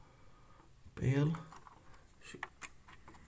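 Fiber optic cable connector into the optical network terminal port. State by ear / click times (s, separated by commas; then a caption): not seated / none. A keyed fiber optic cable connector, which fits only one way and has a guide, is handled and pushed toward the port on the provider's optical network terminal while someone talks. Only soft handling noise and a couple of faint ticks are heard. The connector has not seated or clicked into the port yet.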